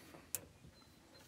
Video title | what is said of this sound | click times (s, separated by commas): How to change the fuel pump in a 1991 Mustang GT | snaps right into place make sure they're all tight and then | 0.3 s